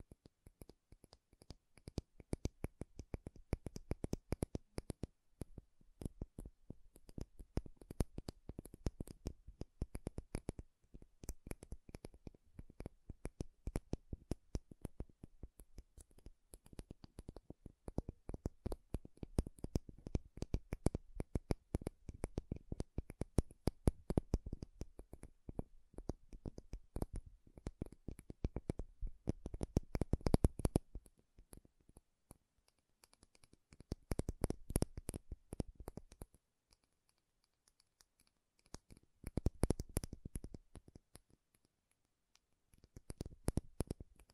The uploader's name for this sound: MAKEUP TAPPING & SCRATCHING